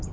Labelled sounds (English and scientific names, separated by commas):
Red-faced Warbler (Cardellina rubrifrons) flight call